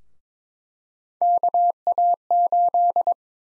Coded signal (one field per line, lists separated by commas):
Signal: Morse code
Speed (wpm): 22 wpm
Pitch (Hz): 700 Hz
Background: none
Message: KA8